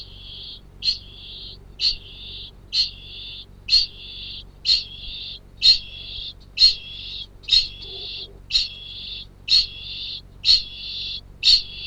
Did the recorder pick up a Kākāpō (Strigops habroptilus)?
yes